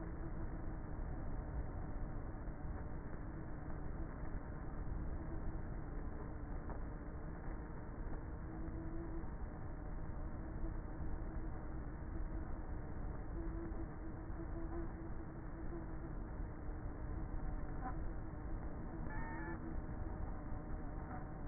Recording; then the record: honeybee colony, microphone inside the hive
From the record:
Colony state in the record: queenless with a low population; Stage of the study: before two queens were removed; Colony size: about 30,000 bees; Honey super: no